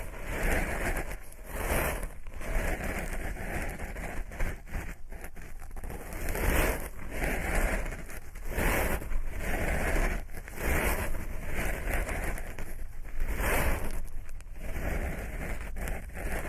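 Ear-picking sounds with no voice: a dense, crackling, scratchy rustle that runs without pause for the whole stretch. It swells into brighter, louder scrapes every second or two, notably around 2, 6.5, 9, 10 and 13.5 seconds, with a low rumble underneath.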